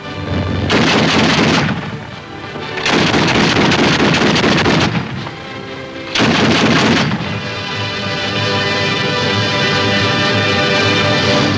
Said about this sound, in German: Die Spitze eröffnet das Feuer auf die sowjetischen Stellungen jenseits des Stromes.